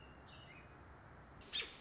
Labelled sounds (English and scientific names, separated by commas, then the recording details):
American Robin (Turdus migratorius)
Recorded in Sonoma County, California